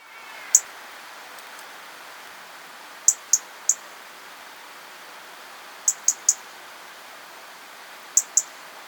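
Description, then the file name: European robin giving very high, thin, brief notes, singly or in twos and threes, spaced a few seconds apart over a quiet hiss. "Erithacus rubecula"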